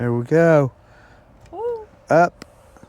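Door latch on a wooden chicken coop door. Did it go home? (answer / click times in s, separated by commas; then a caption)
no / none. Someone talks while handling a small door latch that was just screwed onto the door of a prefab wooden chicken coop. Only faint, brief ticks are heard around 1.5 s and 2.8 s, and the latch has not clicked shut yet.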